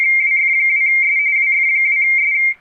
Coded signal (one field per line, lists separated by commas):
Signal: RTTY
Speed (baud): 45.45 baud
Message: WF2S WF2S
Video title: RTTY Contest Redux Squared